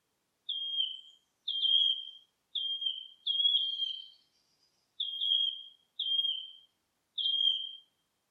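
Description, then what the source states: Wood warbler giving mournful descending whistled notes in a fairly even series. Recorded 19 July 2025.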